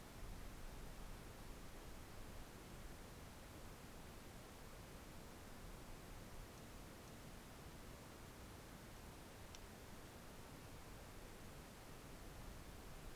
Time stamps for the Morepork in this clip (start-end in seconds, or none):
none